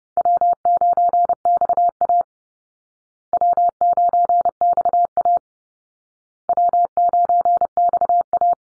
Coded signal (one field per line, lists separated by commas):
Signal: Morse code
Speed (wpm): 30 wpm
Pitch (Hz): 700 Hz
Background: none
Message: W9XA W9XA W9XA